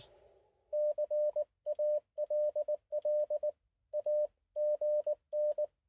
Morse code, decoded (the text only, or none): CALL AGN